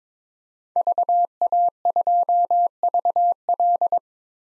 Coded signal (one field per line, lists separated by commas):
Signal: Morse code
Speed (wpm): 22 wpm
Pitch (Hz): 700 Hz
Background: none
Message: VA2VL